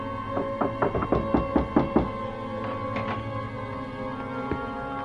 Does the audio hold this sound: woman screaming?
no